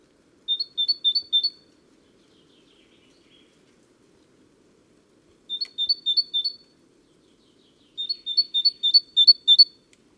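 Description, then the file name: Great tit song in three separate bursts of rapid teacher-like two-note phrases, each lasting one to two seconds, with long silences between. "Parus major"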